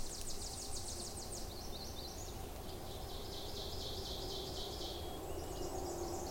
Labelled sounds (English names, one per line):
Ovenbird song